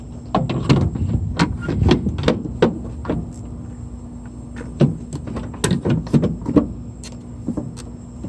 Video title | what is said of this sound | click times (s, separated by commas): Nissan Titan Reverse Lights Not Working - How to Replace Nissan Titan Reverse Lights in 5 minutes | Those will just snap in place, and | 0.3 s, 5.6 s